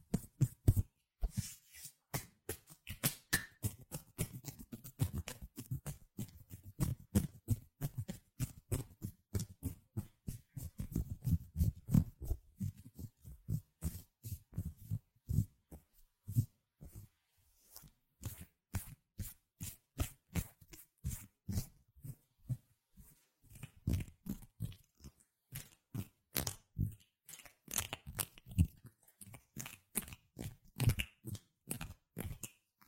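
Hand sounds: rapid, uneven sharp clicks and snaps run throughout, thicker with low thumps in the first twelve seconds and briefly sparse near twenty-three.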